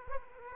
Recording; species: mosquito wingbeat signal from an infrared sensor; Aedes aegypti